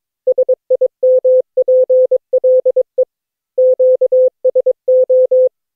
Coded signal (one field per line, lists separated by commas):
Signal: Morse code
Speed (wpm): 19 wpm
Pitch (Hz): 510 Hz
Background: none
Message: SIMPLE QSO